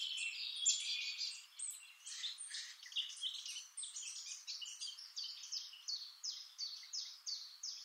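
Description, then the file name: Eurasian blackcap song: a scratchy, rapid warble that settles into a steady run of short, high repeated notes, about three per second. "Sylvia atricapilla"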